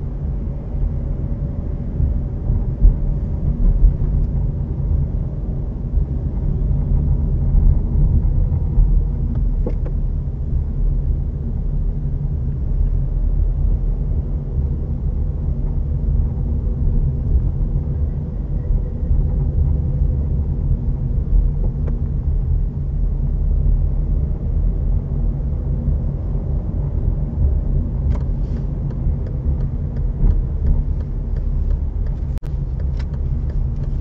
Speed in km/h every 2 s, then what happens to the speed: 17, 21, 25, 26, 25, 25, 22, 19, 19, 22, 23, 23, 23, 19, 22, 25, 21.
0-5 speeds up to 26. 5-10 steady at about 25. 10-13 slows to 19. 13-34 steady at about 22.